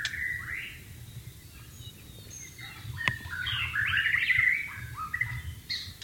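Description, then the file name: White-rumped shama singing varied whistled and chattering phrases over a noisy background hum, with a sharp click near the middle. Wild bird recorded in its natural habitat. "suara burung murai batu di alam liar"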